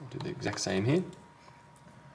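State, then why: Not seated. A replacement loudspeaker module is being fitted into the frame of a Samsung Galaxy S21 Ultra 5G, inserted at a 45-degree angle facing the bottom and then pulled down. Someone talks over faint handling sounds in the first second, and the rest is quiet. Nothing has seated or clicked yet.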